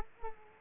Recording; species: mosquito wingbeat signal from an infrared sensor; Culex quinquefasciatus